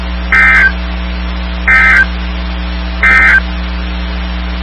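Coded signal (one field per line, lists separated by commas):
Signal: Emergency Alert System (SAME) tones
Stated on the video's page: NOAA Weather Radio severe thunderstorm, tornado and flash flood warnings for North and Central Texas.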